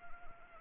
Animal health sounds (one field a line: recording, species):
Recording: mosquito wingbeat signal from an infrared sensor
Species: Anopheles gambiae